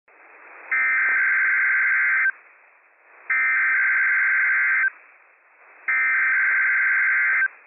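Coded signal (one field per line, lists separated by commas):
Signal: Emergency Alert System (SAME) tones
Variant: header bursts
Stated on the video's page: Required Weekly Test from NOAA Weather Radio transmitter WWF56, issued by NWS Pendleton, Oregon; operational EAS tones.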